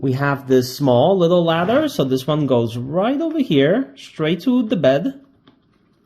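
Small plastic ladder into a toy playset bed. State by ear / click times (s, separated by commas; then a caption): not seated / none. A small plastic ladder from a toy playset is handled and brought toward the playset's bed piece while someone talks. Nothing has seated or clicked into place yet by the end of the clip.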